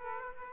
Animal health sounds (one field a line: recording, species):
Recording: mosquito wingbeat signal from an infrared sensor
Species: Aedes aegypti